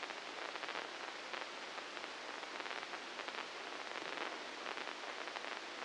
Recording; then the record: brain microelectrode recording played as sound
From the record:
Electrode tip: inside the subthalamic nucleus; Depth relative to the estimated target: -4 mm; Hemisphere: right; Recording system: NeuroSet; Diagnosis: Parkinson's disease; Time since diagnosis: 9 years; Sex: female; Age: 51 years